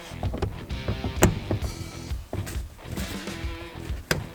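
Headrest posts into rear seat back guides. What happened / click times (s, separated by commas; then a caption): Headrest posts clicked into the first notches, left partway up / 1.2 s, 4.1 s. The metal posts of a Toyota Tacoma rear headrest are lined up with the rear seat-back guides and slid down, with soft ticks and rustling as they go in. Sharp clicks at 1.2 s and 4.1 s mark the posts catching at the notches. The headrest is deliberately left partway up because the seat cover still has to go on.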